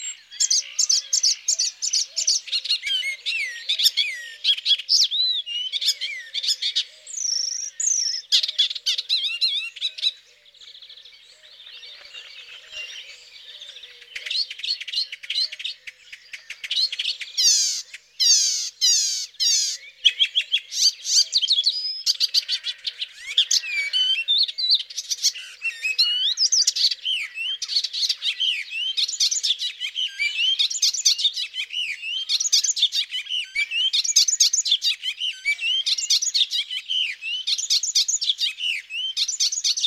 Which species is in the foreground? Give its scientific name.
Hippolais icterina